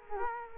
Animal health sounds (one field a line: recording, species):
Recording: mosquito wingbeat signal from an infrared sensor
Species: Culex quinquefasciatus